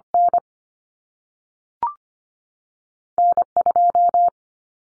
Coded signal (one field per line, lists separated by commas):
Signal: Morse code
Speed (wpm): 25 wpm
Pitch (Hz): 700 Hz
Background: none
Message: N N2